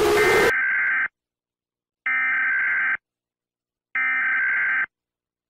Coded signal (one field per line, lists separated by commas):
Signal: Emergency Alert System (SAME) tones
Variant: header bursts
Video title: USA Eas Alarm But With Tornado Sounds in the backround